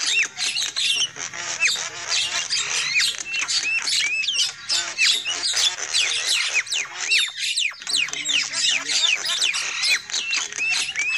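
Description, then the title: Lovebird calls: constant shrill chatter with frequent rising squeaky whistles and harsh squawks. Used as a lure call for trapping lovebirds. "PIKAT BURUNG LOVEBIRD"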